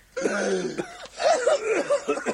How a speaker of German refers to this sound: Sag einmal, woran hast du dich denn jetzt so verschluckt? Ich weiß nicht, wenn ich das wüsste.